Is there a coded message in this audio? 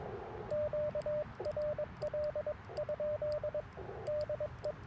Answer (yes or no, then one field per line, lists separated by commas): yes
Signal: Morse code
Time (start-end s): 0.5-4.7 s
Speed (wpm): 22 wpm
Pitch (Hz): 600 Hz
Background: radio noise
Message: QRL? DE